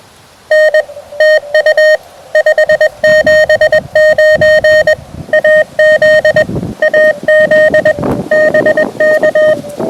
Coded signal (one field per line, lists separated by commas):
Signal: Morse code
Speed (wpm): 21 wpm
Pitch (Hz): 1850 Hz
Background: none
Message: N TU 579 AZ AZ BK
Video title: Windy Park Activation, Field Coffee and DX with the repaired QMX